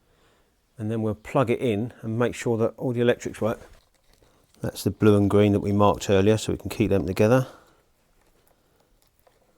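Someone talks while the marked blue and green tail light wire bullet connectors for an Ultra Bee tail tidy are handled and checked for the small indentation that clips into a groove before they are fitted into their sockets. Only faint, brief handling sounds occur in the pauses, around 4 s and near the end. Nothing has seated or clicked yet.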